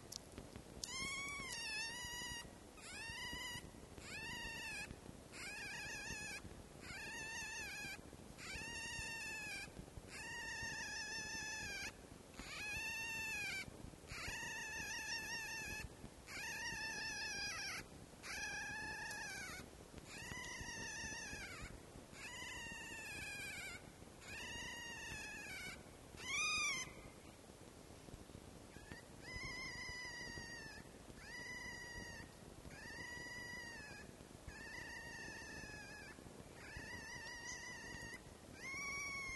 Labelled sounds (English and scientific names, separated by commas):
Red Fox (Vulpes vulpes)